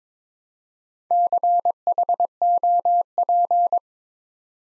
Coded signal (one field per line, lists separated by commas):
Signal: Morse code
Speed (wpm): 22 wpm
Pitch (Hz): 700 Hz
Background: none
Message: CHOP